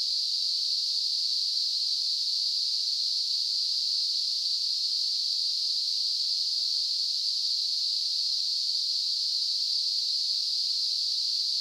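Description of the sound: A steady, unchanging high-pitched hiss, a narrow band of noise around 4 to 5 kHz, runs for the whole clip with no pauses or other sounds. It is a simulation of hissing tinnitus, the phantom noise a person hears in the ears.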